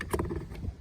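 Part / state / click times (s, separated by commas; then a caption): door wiring harness connector into its mating connector / not seated / none. A plastic door wiring harness connector is handled against its mating connector while a 2012+ Toyota Camry door is put back together. A short, sharp knock of handling noise comes at about 0.1 s over low rustling. The connector has not seated or clicked yet.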